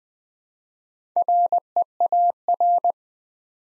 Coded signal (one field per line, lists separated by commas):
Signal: Morse code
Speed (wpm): 20 wpm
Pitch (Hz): 700 Hz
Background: none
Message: REAR